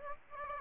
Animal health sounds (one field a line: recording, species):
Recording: mosquito wingbeat signal from an infrared sensor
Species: Aedes aegypti